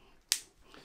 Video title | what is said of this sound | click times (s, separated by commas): HiFiMan HE 400i (2020] review vs Sennheiser HD 560s vs Deva | nice click in | 0.3 s